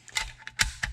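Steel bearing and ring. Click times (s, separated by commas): 0.6 s, 0.8 s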